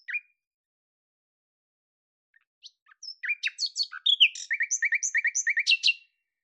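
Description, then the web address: Bird song opening with scattered chirps, then building into a busy stream of varied high notes and a steady, quick series of short repeated chirps. "Deverinetal 2025"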